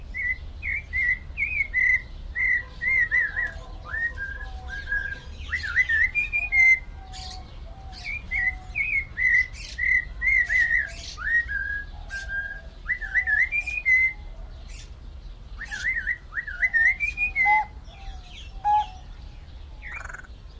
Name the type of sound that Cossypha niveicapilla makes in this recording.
song